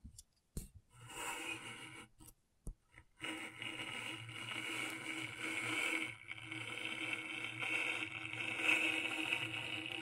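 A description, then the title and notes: Scratching on a scratchboard, starting in short bursts separated by silent gaps, with sharp clicks near the start. From about three seconds the rasping becomes continuous and dense, a steady gritty rubbing with a bright scraping edge that holds to the end. ASMR Brain Tingling Scratchboard (No Talking).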